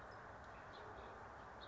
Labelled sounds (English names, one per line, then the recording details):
House Finch
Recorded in Sonoma County, California